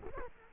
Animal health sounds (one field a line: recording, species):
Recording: mosquito wingbeat signal from an infrared sensor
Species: Culex quinquefasciatus